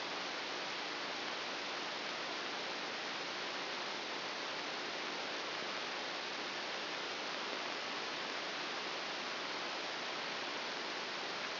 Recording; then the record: brain microelectrode recording played as sound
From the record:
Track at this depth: inside the subthalamic nucleus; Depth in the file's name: 4.601 mm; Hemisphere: right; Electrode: 2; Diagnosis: Parkinson's disease